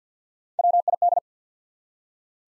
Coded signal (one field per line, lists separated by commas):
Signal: Morse code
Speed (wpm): 50 wpm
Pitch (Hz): 700 Hz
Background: none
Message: WID